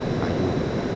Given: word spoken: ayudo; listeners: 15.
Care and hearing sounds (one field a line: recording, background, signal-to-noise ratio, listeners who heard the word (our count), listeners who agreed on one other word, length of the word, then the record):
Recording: one Spanish word in noise, from a listening test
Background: speech-shaped noise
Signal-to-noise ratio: -4.6 dB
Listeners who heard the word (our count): 0 of 15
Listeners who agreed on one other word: 8 of 15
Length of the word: 0.55 s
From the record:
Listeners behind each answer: 8, 1, 1, 1, 1, 1, 1, 1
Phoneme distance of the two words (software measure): 10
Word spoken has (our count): 3 syllables, 5 phonemes, stress on syllable 2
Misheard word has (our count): 3 syllables, 5 phonemes, stress on syllable 2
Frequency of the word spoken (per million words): 1.37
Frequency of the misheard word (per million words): 137.11